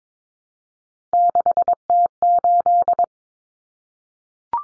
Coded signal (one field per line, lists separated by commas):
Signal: Morse code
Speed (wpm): 22 wpm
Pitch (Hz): 700 Hz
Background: none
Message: 6T8